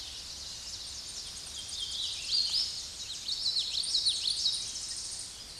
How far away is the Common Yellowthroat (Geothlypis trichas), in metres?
about 15 m